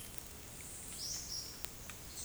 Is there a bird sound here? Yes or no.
yes